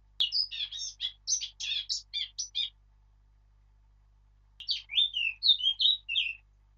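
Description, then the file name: Eurasian blackcap song: two phrases of quick warbling notes separated by a pause, the first scratchy and chattering, the second with clearer whistled notes. "Sylvia atricapilla"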